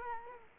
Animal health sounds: mosquito wingbeat signal from an infrared sensor; Culex quinquefasciatus

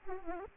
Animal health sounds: mosquito wingbeat signal from an infrared sensor; Aedes aegypti

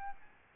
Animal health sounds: mosquito wingbeat signal from an infrared sensor; Aedes albopictus

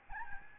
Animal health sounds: mosquito wingbeat signal from an infrared sensor; Aedes albopictus

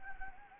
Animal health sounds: mosquito wingbeat signal from an infrared sensor; Anopheles gambiae

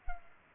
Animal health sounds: mosquito wingbeat signal from an infrared sensor; Culex pipiens

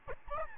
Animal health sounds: mosquito wingbeat signal from an infrared sensor; Aedes albopictus

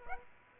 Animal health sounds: mosquito wingbeat signal from an infrared sensor; Aedes aegypti

